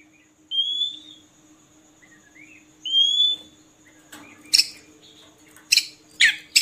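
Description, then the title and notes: Oriental magpie-robin song, sparse sliding whistles separated by pauses, then sharp harsh bursts near the end, with a steady faint hum underneath. Kacer song meant as training material so kept magpie-robins sing actively (gacor) day and night. "Kacer Jadi Gacor Siang Malam. Isian Kacer Durasi Panjang"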